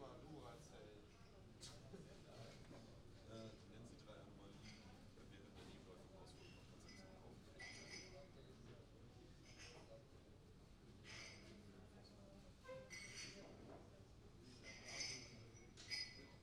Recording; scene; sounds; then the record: everyday scene through a hearing-aid microphone; many people talking; many voices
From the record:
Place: university cafeteria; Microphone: in the ear canal, right